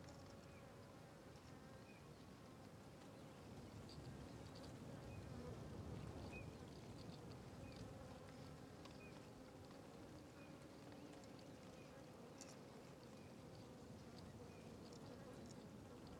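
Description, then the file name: Fly: buzzing flies form a steady low hum that swells slightly midway, with soft scattered chirps in the background. Several flies circling a tree; ambience recorded on the Sertão Zen trail. "Ambiencia na Trilha do Sertao Zen com Moscas Circudando Arvore"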